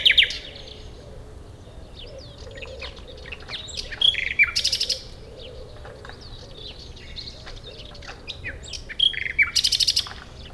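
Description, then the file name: Common nightingale song: varied phrases of sharp chirps and brief whistles, with two bursts of rapid, harsh repeated notes. "Luscinia megarhynchos"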